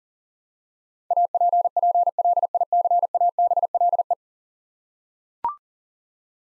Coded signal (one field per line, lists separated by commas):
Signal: Morse code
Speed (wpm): 40 wpm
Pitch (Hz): 700 Hz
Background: none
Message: APPLICABLE